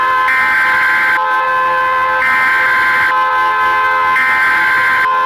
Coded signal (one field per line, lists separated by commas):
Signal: Emergency Alert System (SAME) tones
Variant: header bursts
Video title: Eas Alarm A-F